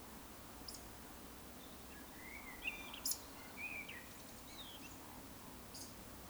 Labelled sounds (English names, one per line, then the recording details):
Eurasian Woodcock whistle
Eurasian Woodcock croak
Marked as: whistle, croak, whistle, croak, whistle
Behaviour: display flight
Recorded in Baden-Württemberg, Germany, on 18 June 2021 at 19:33 UTC
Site 49334, 1074 m above sea level